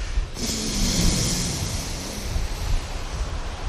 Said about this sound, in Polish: Jest niesamowite, bo woda płynie szybko, jest energetycznie, ale jednocześnie jest spokojnie, spokojnie.